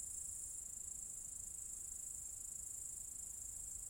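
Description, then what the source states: Steady, high-pitched cicada drone without breaks, a sizzling tone holding the same level for the whole four seconds. Several cicadas in an apple tree orchard at Zalensų Sodybos, Lithuania, recorded 23 August 2015.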